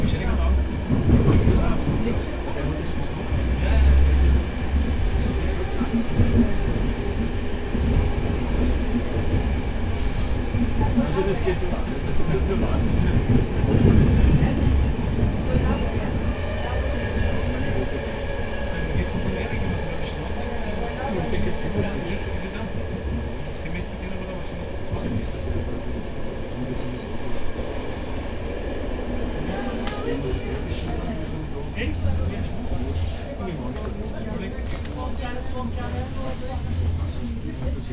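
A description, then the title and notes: A train ride through Vienna: a steady low rumble of the carriage runs throughout, with heavier surges in the first fifteen seconds and faint tonal whines above. Voices murmur through much of the ride, and rattling clicks gather near the end. Recorded on a train-ride through Vienna.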